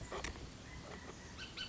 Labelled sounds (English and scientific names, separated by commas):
Bullock's Oriole (Icterus bullockii)